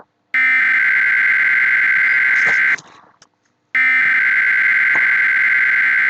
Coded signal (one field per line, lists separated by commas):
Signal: Emergency Alert System (SAME) tones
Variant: header bursts